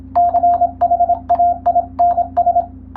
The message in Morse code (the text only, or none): CHAINS